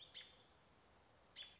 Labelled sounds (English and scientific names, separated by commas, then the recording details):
American Robin (Turdus migratorius)
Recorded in Sonoma County, California